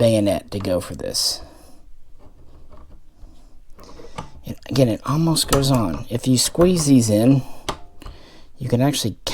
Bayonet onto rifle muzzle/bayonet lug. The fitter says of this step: kind of fudge it on there but it won't latch it won't do right and if you really force it it'll get stuck and you have to kind of slam it off